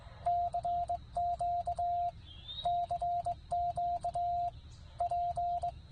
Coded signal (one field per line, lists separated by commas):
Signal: Morse code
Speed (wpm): 19 wpm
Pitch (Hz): 700 Hz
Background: radio noise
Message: CQ CQ P